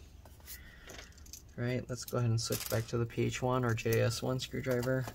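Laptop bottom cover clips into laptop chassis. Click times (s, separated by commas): 1.2 s, 1.3 s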